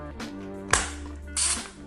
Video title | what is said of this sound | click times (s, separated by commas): Samsung Galaxy S21 Ultra Whitestone Dome Glass Install and Review | how it snaps into place | 0.7 s